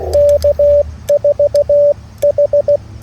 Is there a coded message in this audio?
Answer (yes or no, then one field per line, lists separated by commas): yes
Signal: Morse code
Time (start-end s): 0.1-2.8 s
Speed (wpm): 16 wpm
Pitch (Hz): 580 Hz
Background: radio noise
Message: K4H